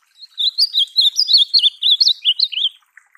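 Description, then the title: Ultramarine grosbeak song: a quick run of many sweet, slurred whistled notes, wavering up and down, lasting some two and a half seconds. Song for teaching a pet seedeater (golinha) to sing. "Encarte Seu Golinha Com Este Lindo Canto De Azulão"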